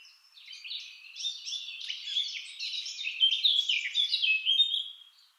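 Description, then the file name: Eurasian blackcap giving a continuous, busy warble of tumbling high notes, swelling in loudness toward the middle and trailing off near the end. "Sylvia atricapilla"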